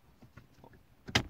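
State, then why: Seated. A gear selector cable end is pushed back onto the short shifter linkage while reassembling a short shifter in a 2006 Ford Focus Mk2 ST225, with the cables getting in the way. A few faint knocks and rattles come first, then a single sharp, loud snap at 1.2 s as the cable end clicks into place and seats.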